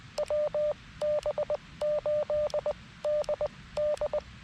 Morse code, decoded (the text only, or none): WB8DD